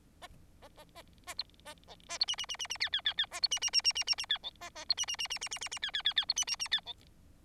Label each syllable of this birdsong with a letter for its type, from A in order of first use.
A A A A B A C A B D D D D D E E E E A B D D D D D D D E C A A B D D D D D D D D E E E E B D D D E C